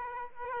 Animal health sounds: mosquito wingbeat signal from an infrared sensor; Aedes aegypti

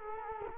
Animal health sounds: mosquito wingbeat signal from an infrared sensor; Culex quinquefasciatus

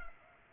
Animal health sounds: mosquito wingbeat signal from an infrared sensor; Culex pipiens

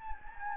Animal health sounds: mosquito wingbeat signal from an infrared sensor; Anopheles gambiae

